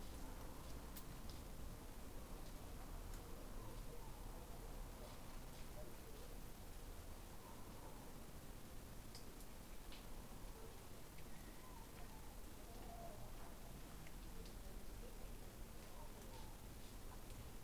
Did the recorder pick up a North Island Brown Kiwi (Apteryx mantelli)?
no